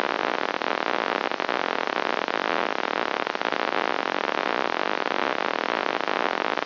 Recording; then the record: brain microelectrode recording played as sound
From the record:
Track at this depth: outside the subthalamic nucleus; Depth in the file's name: 0.004 mm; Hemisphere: right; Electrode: 2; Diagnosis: Parkinson's disease